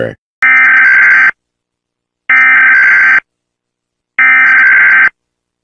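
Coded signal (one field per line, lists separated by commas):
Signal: Emergency Alert System (SAME) tones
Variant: header bursts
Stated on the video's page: Fake EAS alert tones in an April Fools volcano eruption prank.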